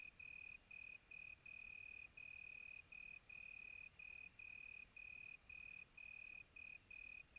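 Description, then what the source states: Cricket chirping in steady high pulses, two to three a second, with a soft insect hiss higher up. Quiet tropical night.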